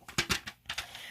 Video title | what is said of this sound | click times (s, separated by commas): How To Change The Pressure Sensor In A Hover Board | know how to clip it in and once you hear a click it's on and | 0.2 s